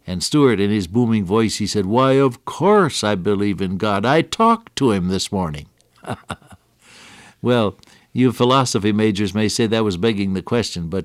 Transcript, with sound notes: And Stuart, in his booming voice, he said, “Why, of course, I believe in God. I talked to Him this morning.” [chuckle] Well, you philosophy majors may say that was begging the question, but